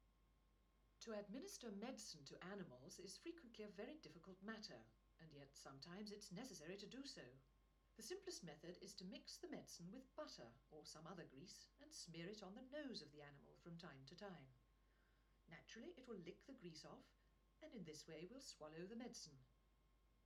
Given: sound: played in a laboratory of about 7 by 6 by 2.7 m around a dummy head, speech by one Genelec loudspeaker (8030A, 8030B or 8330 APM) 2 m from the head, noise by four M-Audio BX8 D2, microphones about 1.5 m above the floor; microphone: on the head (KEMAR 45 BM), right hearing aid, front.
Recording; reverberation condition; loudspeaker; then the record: female speech in English; low; 90 degrees to the right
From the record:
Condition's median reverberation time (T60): about 310 ms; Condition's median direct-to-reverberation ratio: about 3.5 dB